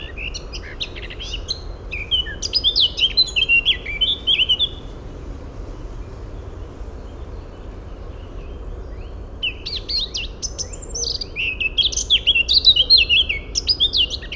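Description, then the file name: Eurasian blackcap giving two separate bursts of rich warbling song, each a jumble of sharp chirps and fluty whistles, divided by several seconds of quiet background hum. "Sylvia atricapilla"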